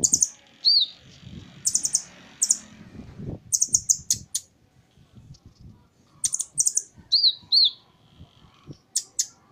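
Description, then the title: Small bird singing bursts of rapid high trilled notes mixed with slurred arched chirps, over a soft low rumbling background. "Burung Kecil"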